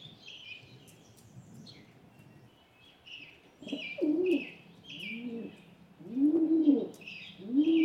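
Rock pigeon giving a few soft low coos in the second half over steady background hiss, with frequent high chirping from other small birds throughout.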